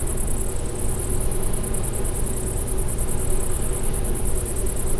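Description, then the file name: Bush-cricket singing a continuous shrill, finely pulsed buzz, with a constant deep mechanical drone underneath. Recorded near a wind energy plant at Klein Leine, 20 August 2016, 22:24 h. "wind-energy-plant gbushcrick-SEV-AV 2224 h d bb klein-leine"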